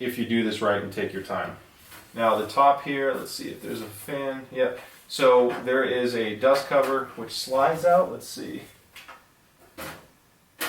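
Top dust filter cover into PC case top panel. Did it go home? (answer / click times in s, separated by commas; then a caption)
no / none. Someone talks while handling the top dust filter cover of a Rosewill Gram PC tower case, sliding it along the case top panel where plastic snap pegs will lock it in. Brief handling sounds come between the speech, and the clip ends before the filter goes home, so nothing has seated or clicked yet.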